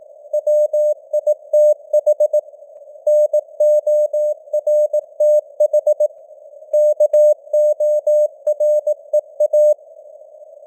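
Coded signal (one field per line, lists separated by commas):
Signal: Morse code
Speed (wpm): 18 wpm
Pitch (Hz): 600 Hz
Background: none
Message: WITH NORTH KOREA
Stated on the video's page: News headlines sent in Morse at 18 wpm with simulated radio noise and varying signal strength (QSB).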